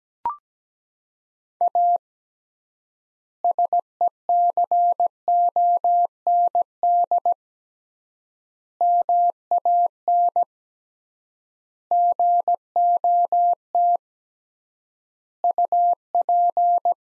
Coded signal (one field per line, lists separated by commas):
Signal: Morse code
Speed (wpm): 17 wpm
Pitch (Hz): 700 Hz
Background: none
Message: A SECOND MAN GOT UP